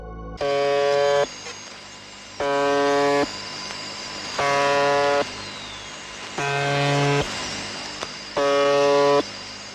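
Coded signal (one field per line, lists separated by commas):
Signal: channel marker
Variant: UVB-76 (The Buzzer)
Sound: five harsh low buzzes, each about a second, separated by short gaps of hiss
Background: radio static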